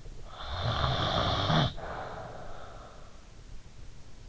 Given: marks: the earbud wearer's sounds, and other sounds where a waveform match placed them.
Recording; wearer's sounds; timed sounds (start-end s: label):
sounds in sleep by an in-ear microphone; snoring breath
0.09-3.30 s: snoring breath